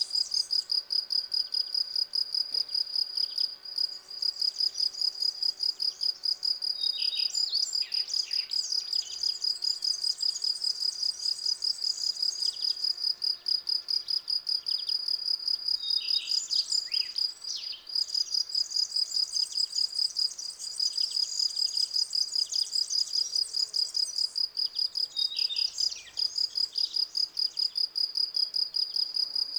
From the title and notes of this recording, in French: Jardin - Val Maravel - Nagra seven - cardio - mkh40. Depuis trois jours les Grillons champêtres (Gryllus campestris) chantent dans la pelouse. Leurs élytres qui sert d'instrument de musique sont toutes fraîches et les stridulation claires.